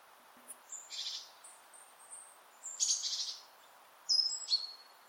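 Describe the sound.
Great tit with rasping buzzy churrs alternating with thin high whistled notes, roughly three bursts spaced about a second or more apart.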